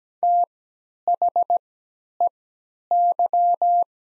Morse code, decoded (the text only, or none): THEY